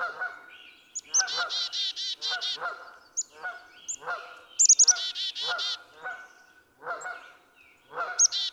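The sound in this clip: Black-capped chickadee calling chick-a-dee several times, each a high opening note and a string of rasping dee notes. Repeated lower nasal calls come in between.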